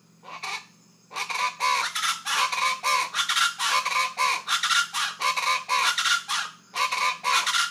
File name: Rufous-vented Chachalacas